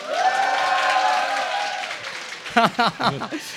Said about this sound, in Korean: 나름 홈그라운드인데 박수 소리로 이 인기도가 평가가 되네요.